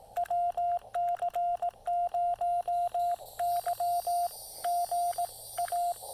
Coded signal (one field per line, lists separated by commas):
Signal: Morse code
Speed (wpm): 17 wpm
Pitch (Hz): 700 Hz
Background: radio noise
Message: WC0Y GA